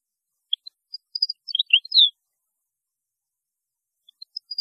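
European goldfinch song: a quick run of high tinkling notes and twitters, a pause, then soft chirps resuming at the end.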